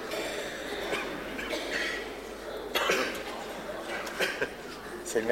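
Low murmur from a concert-hall audience, broken by about three short, sharp coughs from adults at irregular intervals during a quiet musical performance. These are ordinary isolated audience coughs, not a sign of illness.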